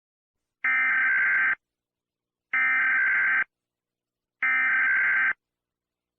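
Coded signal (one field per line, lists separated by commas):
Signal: Emergency Alert System (SAME) tones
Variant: header bursts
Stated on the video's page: Fictional EAS scenario.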